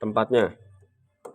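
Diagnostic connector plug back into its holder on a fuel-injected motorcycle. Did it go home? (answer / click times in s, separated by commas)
yes / 1.3 s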